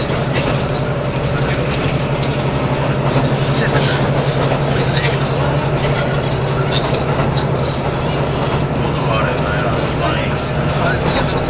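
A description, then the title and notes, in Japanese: A diesel express train runs at a steady pace, its engine giving a constant low drone with a firm hum underneath. The rumble stays dense and even for the whole twelve seconds, with faint voices and rattling mixed into the noise. 1021,キハ85系 ひだ01号02 (飛騨金山)～飛騨古川。走行音(音の旅) 1021,キハ85系 ひだ01号。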